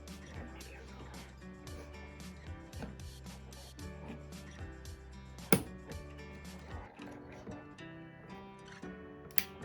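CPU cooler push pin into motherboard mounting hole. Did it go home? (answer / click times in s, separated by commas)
no / none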